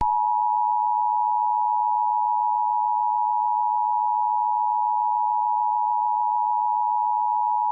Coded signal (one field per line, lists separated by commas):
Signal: Emergency Alert System (SAME) tones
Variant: 853 and 960 Hz attention tone